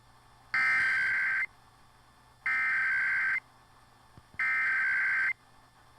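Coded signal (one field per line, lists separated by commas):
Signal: Emergency Alert System (SAME) tones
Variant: header bursts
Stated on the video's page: National periodic test received from an FM primary entry point station, captured at a distance.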